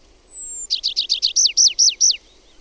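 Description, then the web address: Tree pipit song: a thin, high, slowly falling whistle, then a quick series of sharp, downslurred notes. "OMAT AANITYKSET METSAKIRVINEN"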